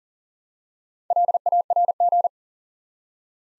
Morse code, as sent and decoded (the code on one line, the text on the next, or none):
.-.. .- .-. --.
LARG